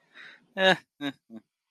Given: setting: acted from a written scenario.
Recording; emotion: vocal sound without words; neutral